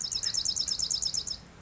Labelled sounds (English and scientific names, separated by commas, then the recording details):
Dark-eyed Junco (Junco hyemalis)
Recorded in Sonoma County, California